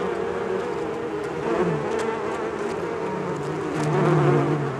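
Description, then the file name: Bees buzzing in a dense hum, with a deeper bee passing near four seconds and faint clicks. "benboncan bees"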